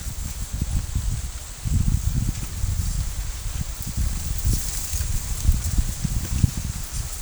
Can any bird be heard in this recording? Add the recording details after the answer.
no. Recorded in pastures near Puerto Asís, Putumayo, Colombia, on 22 December 2024 at 15:30. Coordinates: 0.487, -76.322. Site GP09